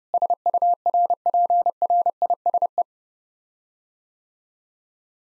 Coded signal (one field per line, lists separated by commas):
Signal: Morse code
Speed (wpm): 32 wpm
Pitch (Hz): 700 Hz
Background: none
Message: SURPRISE